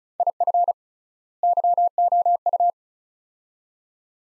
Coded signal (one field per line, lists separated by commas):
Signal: Morse code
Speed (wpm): 36 wpm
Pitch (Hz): 700 Hz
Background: none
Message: IF YOU